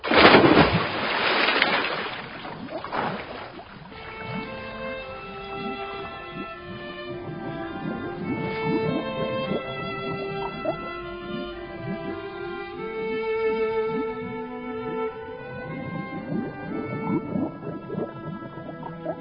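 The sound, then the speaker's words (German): A loud splash as a person wearing goggles and an oxygen breathing apparatus goes into water, followed by steady underwater bubbling and gurgling with warbling, shifting tones that carries on to the end. “Ob es mir recht war oder nicht, ich musste erst ins und dann unter Wasser.”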